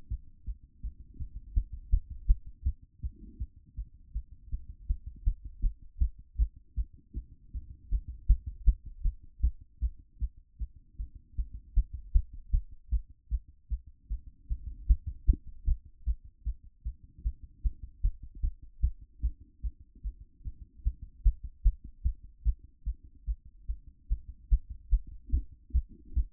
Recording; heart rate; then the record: heart sounds by stethoscope; 154 bpm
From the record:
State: after exercise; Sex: female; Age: 31 years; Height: 169 cm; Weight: 67 kg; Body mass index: 23.46